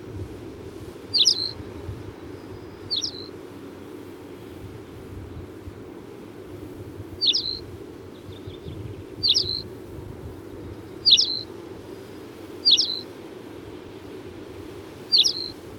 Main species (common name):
Tawny Pipit